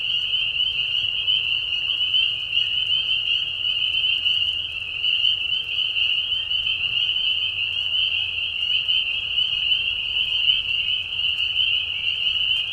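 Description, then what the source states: Spring peepers in a thick chorus, high repeated peeps blending into a continuous ringing whine, steady throughout with a soft low background hum. Several spring peepers giving mating calls in a marsh at night during a very short spring season, Tiny Marsh Conservation Area, Tiny, Ontario, Canada; high whistles at low volume.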